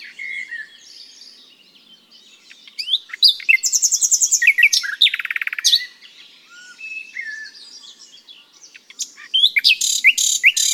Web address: SETE data Luscinia megarhynchos